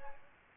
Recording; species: mosquito wingbeat signal from an infrared sensor; Aedes aegypti